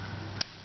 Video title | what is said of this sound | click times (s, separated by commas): BMW E53 Spark Plug Replacement DIY Guide | it will close by itself and then snap it closed | 0.4 s